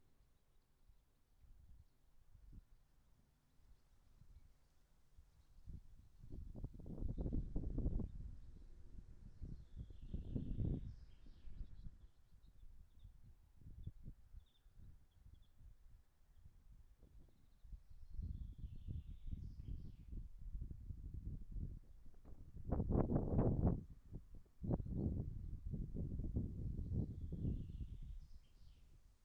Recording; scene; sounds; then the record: everyday scene through a hearing-aid microphone; wind on the microphone; gentle breeze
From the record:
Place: in front of a rural house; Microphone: behind the ear, right, front